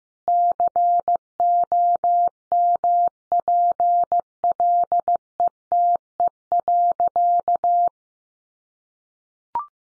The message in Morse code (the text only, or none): COMPLETE.